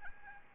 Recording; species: mosquito wingbeat signal from an infrared sensor; Aedes albopictus